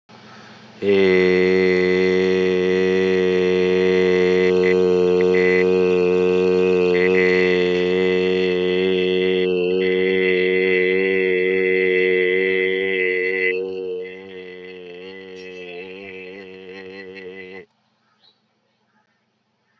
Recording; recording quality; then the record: sustained vowel as in made; moderate, slight background noise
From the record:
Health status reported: healthy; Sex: male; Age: 29 years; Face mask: worn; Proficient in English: yes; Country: India